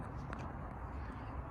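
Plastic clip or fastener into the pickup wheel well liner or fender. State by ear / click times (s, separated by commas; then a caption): seated / 0.3 s. A plastic clip or fastener is pushed into the wheel well liner or fender of a Ford F-150 pickup during a liner install. It gives a sharp, fast-decaying click at 0.3 s over steady low background noise. The fastener pops into place and is seated.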